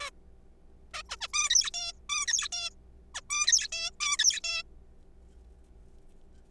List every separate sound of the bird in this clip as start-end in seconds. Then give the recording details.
0.01-0.10, 0.94-1.02, 1.09-1.16, 1.21-1.28, 1.33-1.50, 1.50-1.71, 1.74-1.92, 2.10-2.27, 2.27-2.48, 2.52-2.70, 3.15-3.21, 3.30-3.68, 3.72-3.90, 4.00-4.17, 4.19-4.40, 4.44-4.63. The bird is a juvenile. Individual R3428